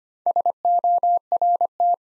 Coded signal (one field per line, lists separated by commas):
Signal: Morse code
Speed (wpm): 25 wpm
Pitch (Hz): 700 Hz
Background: none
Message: SORT